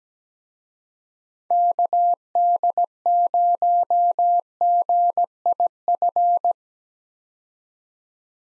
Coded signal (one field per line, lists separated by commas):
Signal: Morse code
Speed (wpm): 17 wpm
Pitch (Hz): 700 Hz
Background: none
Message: KD0GIF